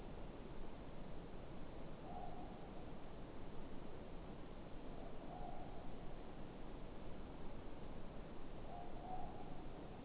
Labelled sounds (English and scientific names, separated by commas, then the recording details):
Morepork (Ninox novaeseelandiae) more-pork call
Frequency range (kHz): Morepork (Ninox novaeseelandiae) 0.6-0.9 kHz
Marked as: faintness 3/5
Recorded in New Zealand
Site Eglinton